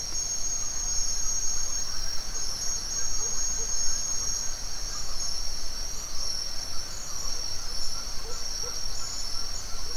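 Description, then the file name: Crickets trilling steadily and continuously at high pitch, under a low rumbling background with occasional faint soft calls. Forest ambience at dawn in Mexico, with crickets and other insects. "felix blume nature ambience forest dawn owl birds crickets insects mexico"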